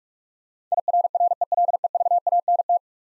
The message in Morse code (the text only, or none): IRRELEVANT